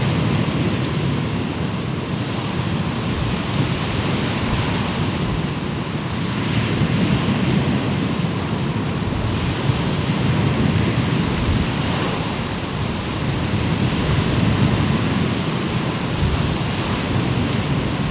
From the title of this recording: Wind blowing through the reeds on a Danish island